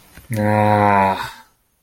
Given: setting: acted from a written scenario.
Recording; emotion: vocal sound without words; disappointment